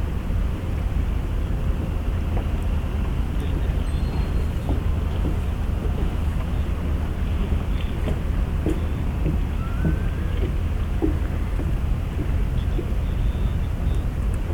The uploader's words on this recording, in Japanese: とある日の横浜港。Mic: Mu6 Lifelike2。